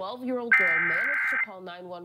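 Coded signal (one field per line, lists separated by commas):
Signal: Emergency Alert System (SAME) tones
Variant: header bursts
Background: speech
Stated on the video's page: Pennsylvania required monthly tests aired just after 4:15am, recorded from TV and FM broadcast stations including WSOX-FM, one via DirecTV Now DVR.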